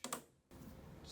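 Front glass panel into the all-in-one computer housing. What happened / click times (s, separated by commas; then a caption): The front glass panel snapped into place / 0.0 s, 0.1 s. The front glass panel of an iMac (21.5-inch, Late 2009) has its bottom tabs lined up with the slots in the all-in-one computer housing, goes in at a slight angle, and is slowly let down. It snaps into place with two sharp clicks at 0.0 and 0.1 seconds, seating the panel. The clicks fade to near quiet, and a steady broadband hiss follows from about 0.5 seconds.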